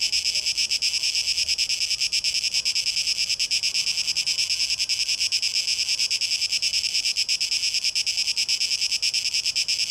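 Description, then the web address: Cicada producing a continuous, high, sizzling buzz with a quick flutter of pulses running through it. Recorded 12 August 2023; tape echo mix. "rauschpartikel Audio 2023-08-12 Zikaden (Tape Echo Mix)"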